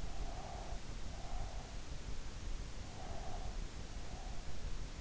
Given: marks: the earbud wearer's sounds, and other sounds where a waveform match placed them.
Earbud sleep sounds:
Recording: sounds in sleep by an in-ear microphone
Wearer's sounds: breath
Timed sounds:
0.00-1.80 s: breath
2.94-4.64 s: breath

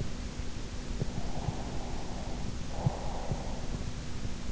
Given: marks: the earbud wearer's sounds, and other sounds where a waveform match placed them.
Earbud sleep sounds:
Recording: sounds in sleep by an in-ear microphone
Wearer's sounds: breath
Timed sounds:
1.12-3.78 s: breath

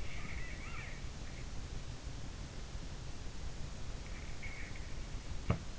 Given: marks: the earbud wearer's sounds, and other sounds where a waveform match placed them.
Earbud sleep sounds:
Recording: sounds in sleep by an in-ear microphone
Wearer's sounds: snoring breath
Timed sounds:
0.20-1.05 s: snoring breath
5.35-5.71 s: sound from someone else or the room

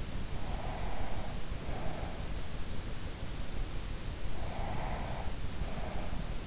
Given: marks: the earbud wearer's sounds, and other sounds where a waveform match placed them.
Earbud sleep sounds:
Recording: sounds in sleep by an in-ear microphone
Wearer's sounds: breath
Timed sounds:
0.42-2.52 s: breath
4.49-6.47 s: breath

